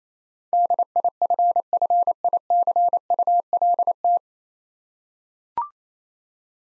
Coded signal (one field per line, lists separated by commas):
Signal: Morse code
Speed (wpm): 28 wpm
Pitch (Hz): 700 Hz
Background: none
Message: DIFFICULT